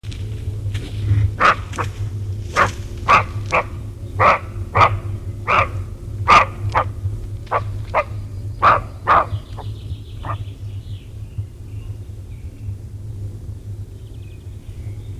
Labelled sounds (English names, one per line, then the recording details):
Western Roe Deer barking
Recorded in the wild
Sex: female
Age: adult
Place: Feldberg - Koldenhof, Mecklenburgische Seenplatte, Mecklenburg, DE
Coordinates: 53.3294, 13.3136
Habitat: mixed forest
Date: 1976-06-29 20:21
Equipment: Uher CR 210, Sennheiser MD 421 HL, Verstärker, Reflektor, Kopie Uher 4200
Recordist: Tembrock, Günter